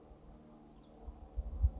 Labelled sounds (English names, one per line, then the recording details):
Western Tanager
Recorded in Sonoma County, California